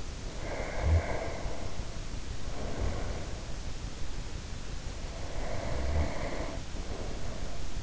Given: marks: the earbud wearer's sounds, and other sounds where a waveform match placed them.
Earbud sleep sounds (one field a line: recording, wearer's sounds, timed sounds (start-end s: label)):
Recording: sounds in sleep by an in-ear microphone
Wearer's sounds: snoring breath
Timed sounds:
0.33-3.61 s: snoring breath
4.98-7.83 s: snoring breath